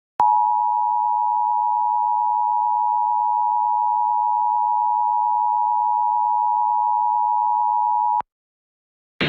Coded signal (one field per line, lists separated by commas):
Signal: Emergency Alert System (SAME) tones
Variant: 853 and 960 Hz attention tone